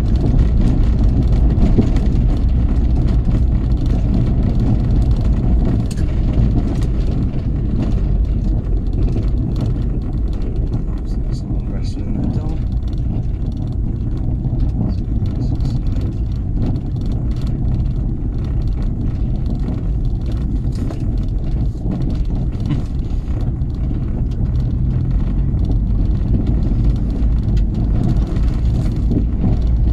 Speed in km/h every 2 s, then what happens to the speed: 27, 27, 26, 21, 16, 13, 11, 13, 13, 13, 13, 15, 19, 21, 23.
4-11 slows to 11. 11-21 steady at about 13. 21-30 speeds up to 23.